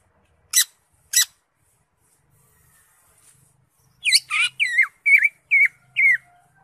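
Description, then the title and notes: Greater Green Leafbird song: two sharp clicks, a pause, then a quick string of hooked whistled notes. Used as a training recording (masteran) for caged birds. "Suara Burung Cucak Ijo. mantap buat masteran burung cak ijo"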